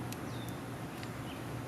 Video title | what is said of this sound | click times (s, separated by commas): Upgrade OEM Mirrors to Dual Function (Running & Signal) Silverado Sierra - V2.0 (2015-2019) | gonna take your tea tub you're gonna go on to that wire fold it over and it should click after | 1.0 s